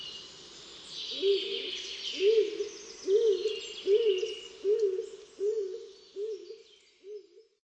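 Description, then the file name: Stock dove producing a run of low, rounded coos that swell and then fade, about one per second, while other birds twitter softly behind. "siniak"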